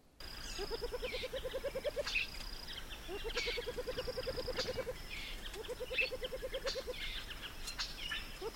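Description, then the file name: Spotless crake giving rapid, even pulsed trills in three short bursts, with scattered sharp clicks and a steady high insect whine behind. "BIRD spotless crake vocals"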